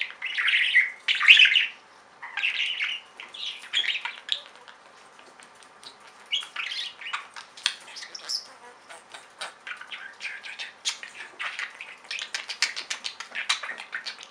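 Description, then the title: Budgerigar chatter, loud warbled bursts at first, then rapid clicking chirps and softer scratchy notes continuing to the end. "Budgie Sounds"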